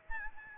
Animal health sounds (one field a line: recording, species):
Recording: mosquito wingbeat signal from an infrared sensor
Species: Aedes albopictus